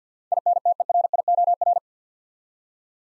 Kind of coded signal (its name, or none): Morse code